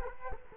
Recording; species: mosquito wingbeat signal from an infrared sensor; Culex quinquefasciatus